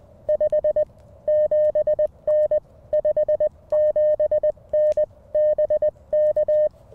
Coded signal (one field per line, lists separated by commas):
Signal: Morse code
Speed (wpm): 20 wpm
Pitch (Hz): 610 Hz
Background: none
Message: 57N 57N BK